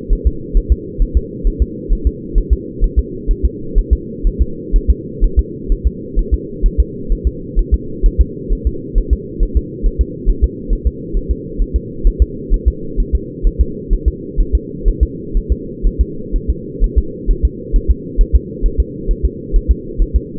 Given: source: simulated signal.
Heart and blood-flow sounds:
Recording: fetal heart sounds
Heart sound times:
0.13 s: S1
0.27 s: S2
0.57 s: S1
0.72 s: S2
1.02 s: S1
1.17 s: S2
1.47 s: S1
1.62 s: S2
1.93 s: S1
2.07 s: S2
2.38 s: S1
2.53 s: S2
2.84 s: S1
2.99 s: S2
3.31 s: S1
3.45 s: S2
3.78 s: S1
3.93 s: S2
4.27 s: S1
4.41 s: S2
4.76 s: S1
4.90 s: S2
5.24 s: S1
5.39 s: S2
5.72 s: S1
5.87 s: S2
6.19 s: S1
6.34 s: S2
6.66 s: S1
6.80 s: S2
7.12 s: S1
7.27 s: S2
7.59 s: S1
7.74 s: S2
8.06 s: S1
8.21 s: S2
8.53 s: S1
8.67 s: S2
8.98 s: S1
9.13 s: S2
9.43 s: S1
9.57 s: S2
9.86 s: S1
10.01 s: S2
10.29 s: S1
10.44 s: S2
10.73 s: S1
10.87 s: S2
11.17 s: S1
11.31 s: S2
11.62 s: S1
11.76 s: S2
12.07 s: S1
12.22 s: S2
12.54 s: S1
12.68 s: S2
13.00 s: S1
13.15 s: S2
13.47 s: S1
13.61 s: S2
13.93 s: S1
14.08 s: S2
14.40 s: S1
14.55 s: S2
14.88 s: S1
15.03 s: S2
15.37 s: S1
15.52 s: S2
15.87 s: S1
16.01 s: S2
16.36 s: S1
16.50 s: S2
16.84 s: S1
16.98 s: S2
17.31 s: S1
17.45 s: S2
17.76 s: S1
17.91 s: S2
18.21 s: S1
18.35 s: S2
18.66 s: S1
18.80 s: S2
19.11 s: S1
19.25 s: S2
19.56 s: S1
19.71 s: S2
20.02 s: S1
20.16 s: S2
From the record:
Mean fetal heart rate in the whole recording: 130 bpm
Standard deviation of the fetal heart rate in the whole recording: 4 bpm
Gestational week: 38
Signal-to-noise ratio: -4.3 dB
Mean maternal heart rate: 72 bpm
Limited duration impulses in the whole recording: present

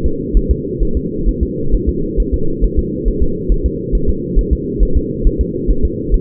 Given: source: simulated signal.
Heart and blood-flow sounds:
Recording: fetal heart sounds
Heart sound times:
0.06 s: S2
0.37 s: S1
0.51 s: S2
0.83 s: S1
0.97 s: S2
1.29 s: S1
1.43 s: S2
1.75 s: S1
1.89 s: S2
2.20 s: S1
2.34 s: S2
2.64 s: S1
2.79 s: S2
3.08 s: S1
3.23 s: S2
3.52 s: S1
3.66 s: S2
3.95 s: S1
4.09 s: S2
4.39 s: S1
4.53 s: S2
4.83 s: S1
4.97 s: S2
5.27 s: S1
5.41 s: S2
5.71 s: S1
5.85 s: S2
6.14 s: S1
From the record:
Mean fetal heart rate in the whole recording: 135 bpm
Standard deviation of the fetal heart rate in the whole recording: 3 bpm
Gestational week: 36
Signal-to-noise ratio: -8.1 dB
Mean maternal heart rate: 72 bpm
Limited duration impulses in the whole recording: absent

